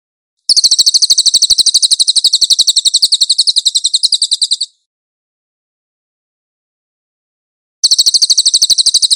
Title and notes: SUARA BURUNG CILILIN. CICILIN